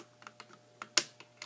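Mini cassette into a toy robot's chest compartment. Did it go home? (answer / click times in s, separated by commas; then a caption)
yes / 1.0 s. A mini cassette is pressed into the chest compartment of a plastic transforming robot figure, the Takara-Tomy Transformers Masterpiece Soundwave MP-13. Faint plastic ticks and taps lead to one sharp, loud click at 1.0 s as the cassette seats in one step. A few light ticks follow.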